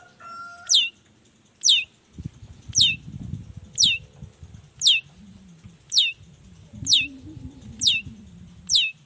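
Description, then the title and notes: Long-tailed shrike calling: sharp, high notes sliding steeply downward, repeated at a steady pace, with low rumbling noise underneath and a brief steady tone at the start. Vigorous ('gacor') morning singing with 'toet toet' sound variations; presented as making any other shrike immediately answer ('nyaut') and open up its repertoire ('buka materi'). "Cendet Gacor Dor Di Kala Pagi Toet Toet Variasi Suara. Cendet Gacor Pagi Hari Biangnya Bikin Cendet Manapun Langsung On Nyaut. Burung cendet"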